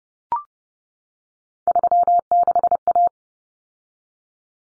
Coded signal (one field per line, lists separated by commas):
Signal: Morse code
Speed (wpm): 30 wpm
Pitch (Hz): 700 Hz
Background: none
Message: 36A